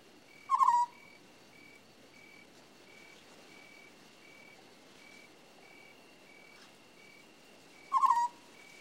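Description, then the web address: African scops owl giving two brief rolling trills several seconds apart, over regular faint pulsing chirps and a faint continuous high note. "The BBC Sound Effects Library. African Scops Owl"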